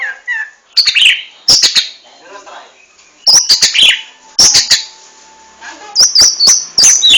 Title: Suara Burung Anis Merah Gacor Teler Doyorng Juara